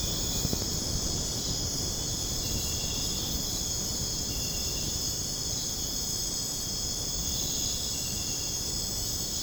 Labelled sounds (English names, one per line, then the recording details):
none
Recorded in dense forest near Puerto Asís, Putumayo, Colombia, on 29 June 2025 at 02:00
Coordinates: 0.486, -76.317
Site G065